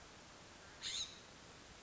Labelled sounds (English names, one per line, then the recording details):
California Scrub-Jay
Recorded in Sonoma County, California